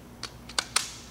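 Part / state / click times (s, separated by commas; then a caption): motor into peristaltic pump assembly plate / seated / 0.6 s, 0.8 s. A pump motor's shaft tang is lined up with the shaft coupler and pushed into a peristaltic pump assembly plate, where grooves catch the offsets in the plate before it is twisted to lock. Faint ticks at about 0.2 and 0.5 seconds lead to two sharp clicks at 0.6 and 0.8 seconds. The motor is seated and locked in place.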